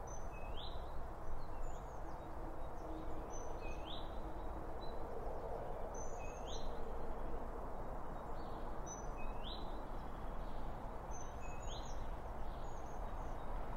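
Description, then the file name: Bird chirps: short rising, slurred notes with thin high ticks, repeated at intervals over a steady low rumble. Birds around a bird feeder, recorded with two Line Audio OM1 microphones. "Birds Around Birdfeeding With Two Om 1 From Line Audio"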